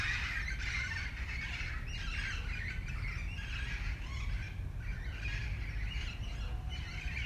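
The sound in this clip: Parakeet calls: scratchy, chattering squawks repeating throughout in loose groups, set against a continuous low rumbling noise.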